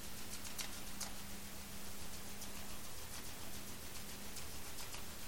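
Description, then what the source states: Sperm whale clicks, sparse and irregular dry taps spaced unevenly throughout, against continuous low-pitched water noise and a low droning tone. Recorded underwater by hydrophone in the Strait of Georgia on 27 March 2018 around 19:17 UTC.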